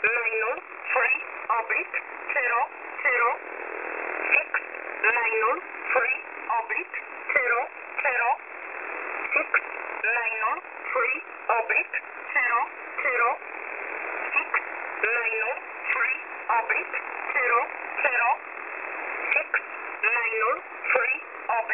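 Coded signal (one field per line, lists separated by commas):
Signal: numbers station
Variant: E11 Oblique, English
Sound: a voice reading short, evenly spaced words over steady shortwave hiss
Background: radio static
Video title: E11 Oblique 20/12/2023 1045 UTC 11100kHz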